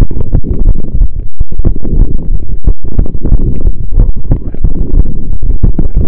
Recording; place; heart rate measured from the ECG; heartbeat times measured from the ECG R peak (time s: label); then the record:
heart sounds by stethoscope; between the tricuspid and mitral areas; 181 bpm
0.01 s: heartbeat
0.34 s: heartbeat
0.67 s: heartbeat
1.00 s: heartbeat
1.33 s: heartbeat
1.66 s: heartbeat
1.99 s: heartbeat
2.32 s: heartbeat
2.66 s: heartbeat
2.98 s: heartbeat
3.32 s: heartbeat
3.65 s: heartbeat
3.98 s: heartbeat
4.31 s: heartbeat
4.65 s: heartbeat
4.98 s: heartbeat
5.30 s: heartbeat
5.63 s: heartbeat
5.97 s: heartbeat
From the record:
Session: pedaling a stationary bicycle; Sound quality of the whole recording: saturated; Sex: male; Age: 23 years